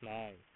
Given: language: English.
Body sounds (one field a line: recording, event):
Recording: throat vibration sensor signal played as sound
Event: speech